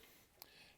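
An injector harness connector is pushed into a Holley EFI main harness connector during an LS engine swap, giving a single sharp click at 0.4 seconds over a quiet background. The connectors plug together and are seated.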